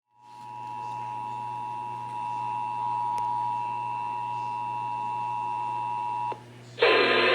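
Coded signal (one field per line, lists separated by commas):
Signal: Emergency Alert System (SAME) tones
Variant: 853 and 960 Hz attention tone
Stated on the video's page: Real AMBER Alert, child abduction emergency, aired on an FM radio station.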